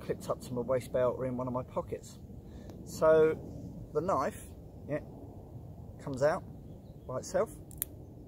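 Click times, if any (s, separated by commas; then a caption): 7.8 s. Someone talks while a small True Utility clip knife is taken out of its clip holder and its blade is opened until it locks open in its handle. A sharp click is heard at 7.8 s as the blade locks into place.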